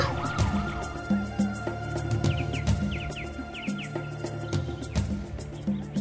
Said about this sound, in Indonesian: Ternyata itu hanya suara sirine mobil patroli yang lewat di tempat pengungsian.